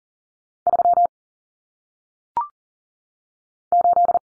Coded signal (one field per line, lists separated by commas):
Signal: Morse code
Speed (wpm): 40 wpm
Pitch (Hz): 700 Hz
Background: none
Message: 3 8